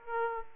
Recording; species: mosquito wingbeat signal from an infrared sensor; Aedes aegypti